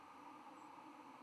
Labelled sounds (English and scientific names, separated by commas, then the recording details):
White-throated Sparrow (Zonotrichia albicollis) flight call
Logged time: 09:26 on 10 November 2014